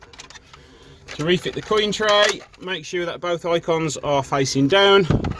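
The stereo head unit of an Alfa Romeo 147 GT is pushed flat into its dashboard opening, and its retaining clips click in at 0.1 and 0.2 s, followed by a few more short sharp hits. From about 1.1 s onward, someone talks. The stereo is seated in the dash.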